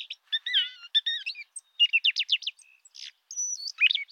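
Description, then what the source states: Brown thrasher singing a quick jumble of rich downslurred notes, buzzy bursts and a high thin whistle, phrases changing every fraction of a second. Four short song strings of repeated motifs, short whistles, glides, mimicry and buzzes; long song.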